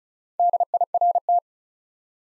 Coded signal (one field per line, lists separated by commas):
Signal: Morse code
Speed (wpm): 34 wpm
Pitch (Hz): 700 Hz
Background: none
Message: DIRT